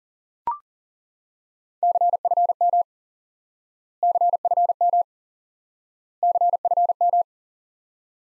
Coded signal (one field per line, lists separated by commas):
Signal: Morse code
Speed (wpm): 40 wpm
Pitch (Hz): 700 Hz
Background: none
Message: CFM CFM CFM